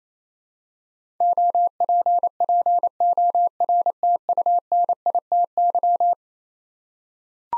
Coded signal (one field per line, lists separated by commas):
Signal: Morse code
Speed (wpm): 27 wpm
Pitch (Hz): 700 Hz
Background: none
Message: OPPORTUNITY